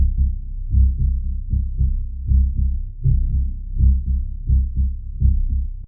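Low, muffled thumps repeat in lub-dub pairs at about 80 beats a minute, with a steady rhythm. A plain heartbeat with no other sounds.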